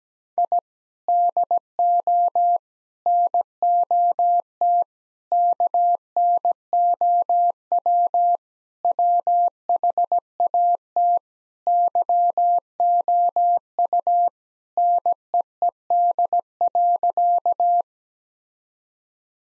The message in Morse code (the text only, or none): I DO NOT KNOW WHAT YOU NEED.